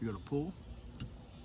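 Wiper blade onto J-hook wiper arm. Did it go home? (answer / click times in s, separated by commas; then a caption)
yes / 1.0 s. A replacement wiper blade's adapter is slid over the large J-hook wiper arm of a 2019 RAM 1500 Classic and pulled into place while someone talks. A sharp snap at 1.0 s marks the blade seating onto the J-hook.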